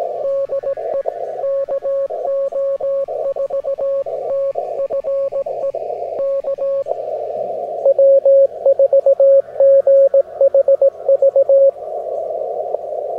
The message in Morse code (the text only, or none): DE KO4TFE K W4GHV